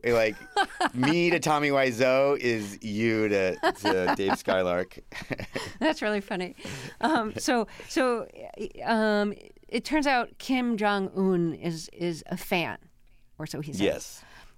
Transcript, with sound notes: like...
(Laughter).
Me to Tommy Wiseau is you to Dave Skylark.
(LAUGHTER)
That's really funny. So it turns out Kim Jong Un is a fan or so he says.